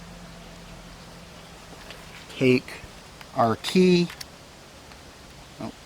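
While re-keying an RV baggage compartment door lock, a metal key cylinder is pushed by hand back into the lock housing, with a soft, faint contact sound near 1.9 s, and someone talks. The cylinder does not drop fully into place, and nothing has seated or clicked yet.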